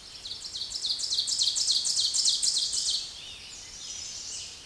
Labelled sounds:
Ovenbird song
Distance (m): 15 m
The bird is about 5 m above the microphone
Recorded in a Pennsylvania forest on 16 May 2024 at 06:33
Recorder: AudioMoth, point MSD-0475
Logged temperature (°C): 12.3 °C
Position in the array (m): 135 m, 5 m

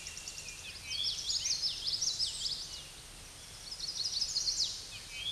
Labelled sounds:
Common Yellowthroat song
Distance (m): 35 m
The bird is about 10 m above the microphone
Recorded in a Pennsylvania forest on 16 May 2024 at 07:10
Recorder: AudioMoth, point MSD-2304
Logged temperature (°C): 16.0 °C
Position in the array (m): 243 m, 174 m

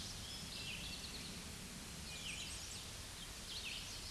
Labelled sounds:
Red-eyed Vireo song
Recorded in a Pennsylvania forest on 16 May 2024 at 07:45
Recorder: AudioMoth, point MSD-0079
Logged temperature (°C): 16.1 °C
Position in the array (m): 143 m, 43 m

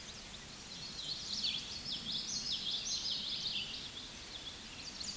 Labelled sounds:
Common Yellowthroat song
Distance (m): 35 m
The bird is about 10 m above the microphone
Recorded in a Pennsylvania forest on 16 May 2024 at 08:57
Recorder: AudioMoth, point MSD-2453
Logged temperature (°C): 16.3 °C
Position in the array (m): 242 m, 171 m

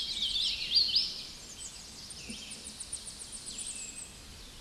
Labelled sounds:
Hooded Warbler song
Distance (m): 155 m
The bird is about 30 m above the microphone
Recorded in a Pennsylvania forest on 16 May 2024 at 09:49
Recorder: AudioMoth, point MSD-0215
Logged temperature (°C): 16.1 °C
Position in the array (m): -94 m, 195 m

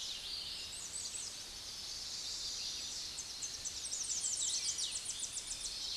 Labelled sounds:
American Redstart song
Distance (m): 70 m
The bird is about 10 m above the microphone
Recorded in a Pennsylvania forest on 16 May 2024 at 06:13
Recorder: AudioMoth, point MSD-1401
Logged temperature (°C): 16.4 °C
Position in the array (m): 38 m, 223 m

